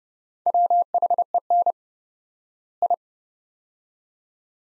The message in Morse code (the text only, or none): WHEN I